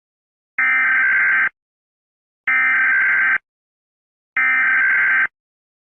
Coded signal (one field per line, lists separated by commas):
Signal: Emergency Alert System (SAME) tones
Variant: header bursts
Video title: NORTHERN AMERICAN EAS ALARMS (SPECIAL)